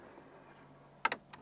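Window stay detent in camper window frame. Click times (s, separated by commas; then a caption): 1.0 s. A camper window is opened and its window stay, mounted in the camper window frame, clicks into its next detent position at 1.1 s, with a quick second snap right after and a fainter tick near 1.3 s. Before that there is only a low, steady background hum. The stay is confirmed seated in the detent.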